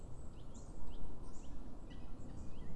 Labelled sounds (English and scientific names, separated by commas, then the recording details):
Common Chiffchaff (Phylloscopus collybita)
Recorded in Germany
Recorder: ecoPi